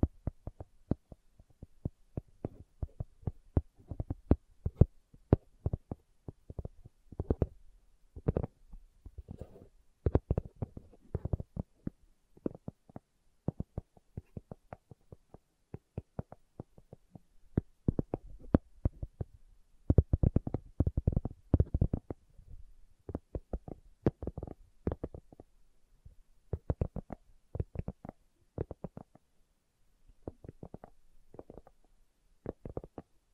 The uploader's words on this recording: ASMR Slow Tapping for Deep Sleep (No Talking).